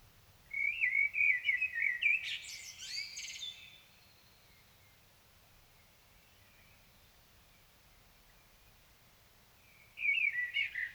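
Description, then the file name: Common blackbird song: a melodious warbled phrase ending in a burst of high twittering, then silence before another phrase starts. "Turdus merula"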